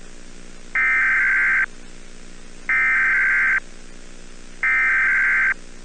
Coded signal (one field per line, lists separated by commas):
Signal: Emergency Alert System (SAME) tones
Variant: header bursts